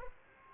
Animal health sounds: mosquito wingbeat signal from an infrared sensor; Aedes aegypti

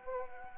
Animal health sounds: mosquito wingbeat signal from an infrared sensor; Anopheles arabiensis

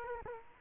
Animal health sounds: mosquito wingbeat signal from an infrared sensor; Culex quinquefasciatus

